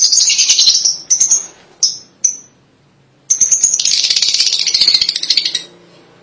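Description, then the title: Lovebird calls: loud shrill high chattering, a few sharp chirps, a short pause, then another long stretch of rapid twittering. "BM Suara Burung Lovebird"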